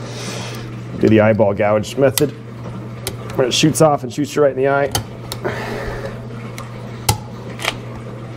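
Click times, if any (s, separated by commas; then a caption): 7.1 s. A steel snap ring is fitted with pliers onto a Caterpillar D4 steering clutch bearing shaft while someone talks over a steady low hum, with sharp metallic ticks around 3.1 s and 5.3 s. The ring snaps on with a bright click at 7.1 s, but it is not fully seated in its groove, possibly because the bearing is slightly too thick.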